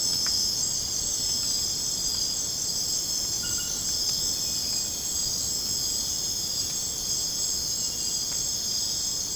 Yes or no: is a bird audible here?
no